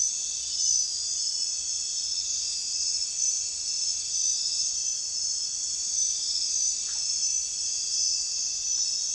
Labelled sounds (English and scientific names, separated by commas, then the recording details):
none
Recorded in secondary vegetation near Puerto Asís, Putumayo, Colombia, on 24 June 2025 at 04:00
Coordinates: 0.498, -76.327
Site GP09